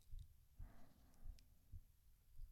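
Soft, muffled low thumps recur at a steady pace, with no whooshing or added sounds between them. It is an ordinary heartbeat heard close up through an adult's chest.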